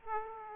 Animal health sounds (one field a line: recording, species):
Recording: mosquito wingbeat signal from an infrared sensor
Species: Aedes aegypti